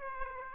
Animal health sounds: mosquito wingbeat signal from an infrared sensor; Aedes aegypti

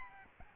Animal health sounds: mosquito wingbeat signal from an infrared sensor; Aedes albopictus

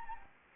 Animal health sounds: mosquito wingbeat signal from an infrared sensor; Anopheles gambiae

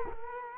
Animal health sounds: mosquito wingbeat signal from an infrared sensor; Culex quinquefasciatus

